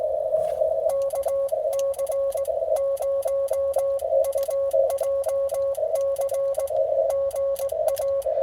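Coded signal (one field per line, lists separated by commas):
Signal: Morse code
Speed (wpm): 19 wpm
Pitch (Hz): 1100 Hz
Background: none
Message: KC0UJC GA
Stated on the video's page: CW on a POTA activation across the 10, 15 and 20 m bands, with poor propagation.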